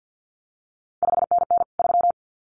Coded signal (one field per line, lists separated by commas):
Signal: Morse code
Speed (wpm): 50 wpm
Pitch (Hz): 700 Hz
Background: none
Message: 5NN 3